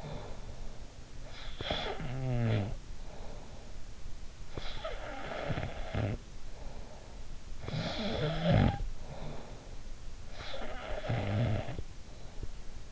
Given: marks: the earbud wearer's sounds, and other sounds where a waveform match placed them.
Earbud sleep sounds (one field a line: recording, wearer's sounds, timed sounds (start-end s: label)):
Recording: sounds in sleep by an in-ear microphone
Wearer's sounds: snoring breath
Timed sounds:
0.00-12.92 s: snoring breath